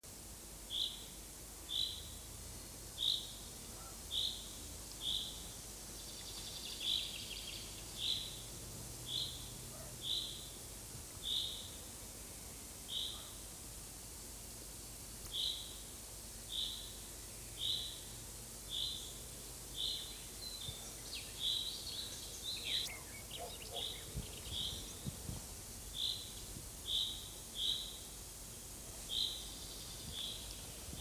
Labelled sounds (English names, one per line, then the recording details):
Common Chaffinch call
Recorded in the wild
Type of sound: call
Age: adult
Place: Oehrenstock/Langewiesen, Thüringer Wald, Thüringen, DE
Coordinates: 50.6603, 10.9428
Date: 2003-05-26 14:53
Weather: overcast, 14 - 16°C
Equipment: Fair Mate ST-1328 (Asahi Electronics, Japan), Sennheiser ME 80, Kopie Uher 4000 Report Monitor
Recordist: Tembrock, Günter
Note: "Rülschen"